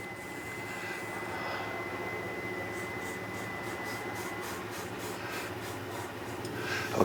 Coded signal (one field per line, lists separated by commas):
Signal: FT8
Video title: W9W FT8 Operating